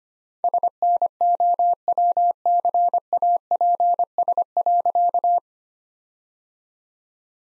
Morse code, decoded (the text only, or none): SNOWCAPS.